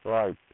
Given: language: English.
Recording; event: throat vibration sensor signal played as sound; speech